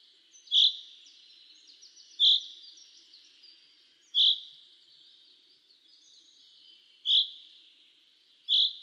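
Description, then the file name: Common chaffinch repeating a crisp, high single-note call five times at uneven intervals. "Fringilla coelebs"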